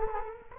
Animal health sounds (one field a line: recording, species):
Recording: mosquito wingbeat signal from an infrared sensor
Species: Culex quinquefasciatus